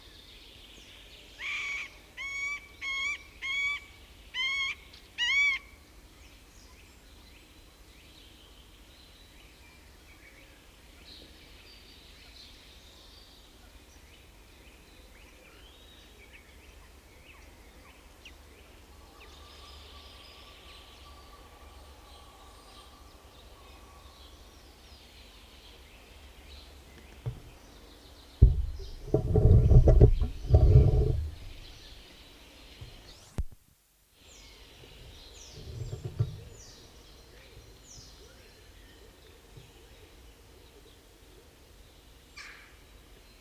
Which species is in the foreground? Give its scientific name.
Dendrocopos medius